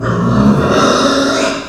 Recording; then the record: squeal of a Yucatan mini pig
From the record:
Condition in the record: after surgery on the right vocal fold (resection and tissue-engineered implant); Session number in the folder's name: 11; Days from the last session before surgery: 98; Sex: female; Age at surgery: 19 weeks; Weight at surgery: 25 kg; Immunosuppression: prednisolone